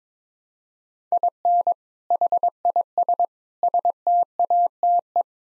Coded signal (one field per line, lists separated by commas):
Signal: Morse code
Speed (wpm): 22 wpm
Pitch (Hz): 700 Hz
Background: none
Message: IN HIS STATE